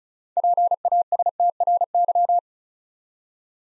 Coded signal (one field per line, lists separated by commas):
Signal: Morse code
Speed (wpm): 36 wpm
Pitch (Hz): 700 Hz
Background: none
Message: PASTRY